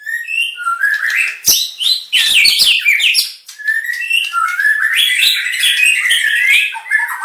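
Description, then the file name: White-rumped shama song, a continuous rich mix of whistled phrases, sharp clicks and harsh scratchy notes, rising and falling rapidly. Aceh variety of white-rumped shama, full song variation. "Suara Burung Murai Batu Aceh Variasi Lengkap"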